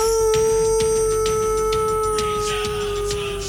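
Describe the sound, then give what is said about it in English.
A person imitates a wolf howl with one long, loud, steady tone that sags slightly in pitch over several seconds, wrapped in heavy reverb and recorded with no compression, with no talking. “You see, now that howl with the reverb sounds beautiful.”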